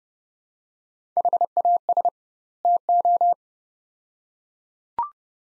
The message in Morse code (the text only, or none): HAS TO